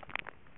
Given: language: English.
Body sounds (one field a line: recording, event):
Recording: throat vibration sensor signal played as sound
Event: swallow